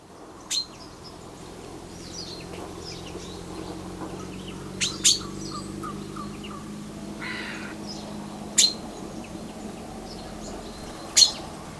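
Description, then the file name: Common chaffinch giving short, piercing call notes, five in twelve seconds, one quick pair among them, with faint twittering of other birds and a low background hum. "Fringilla coelebs"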